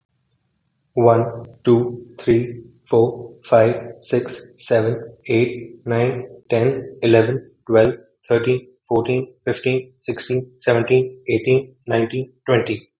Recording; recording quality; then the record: counting at a normal pace; excellent, no background noise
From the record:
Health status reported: recovered from COVID-19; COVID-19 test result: positive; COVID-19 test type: RT-PCR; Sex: male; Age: 27 years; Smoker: yes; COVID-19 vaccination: both doses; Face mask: not worn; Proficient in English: yes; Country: India